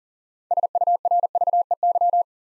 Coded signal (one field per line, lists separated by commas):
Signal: Morse code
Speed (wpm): 42 wpm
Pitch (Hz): 700 Hz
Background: none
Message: SURVEY